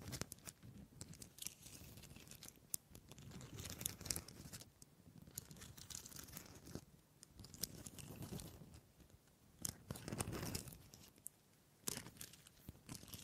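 Wood triggers: a steady run of dry tapping, scratching and crinkly rubbing on wood, with bright clicks and short sharp snaps scattered throughout. Louder scraping stretches swell around four, eight and ten seconds, with brief quieter pauses near five and eleven seconds.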